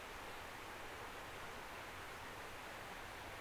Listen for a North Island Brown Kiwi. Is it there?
no